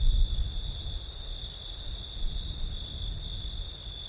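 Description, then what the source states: Crickets trilling steadily at a high pitch while strong gusts of wind rumble loudly at the low end. September night, windy.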